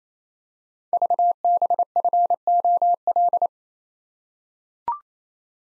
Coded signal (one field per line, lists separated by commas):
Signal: Morse code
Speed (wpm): 28 wpm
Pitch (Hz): 700 Hz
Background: none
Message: VBFOL